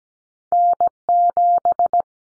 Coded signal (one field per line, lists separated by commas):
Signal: Morse code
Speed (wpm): 17 wpm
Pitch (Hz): 700 Hz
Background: none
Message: N7